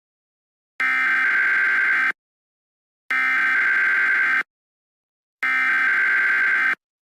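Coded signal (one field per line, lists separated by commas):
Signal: Emergency Alert System (SAME) tones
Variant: header bursts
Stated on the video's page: Fictional EAS scenario made with KineMaster and a narrator voice app.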